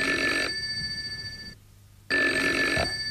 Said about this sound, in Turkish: Ah, telefon. Umarım iyi bir haber.